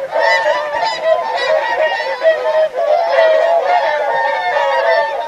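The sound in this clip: Whooper swan flock in full chorus, a dense, nearly continuous wall of overlapping trumpeting honks.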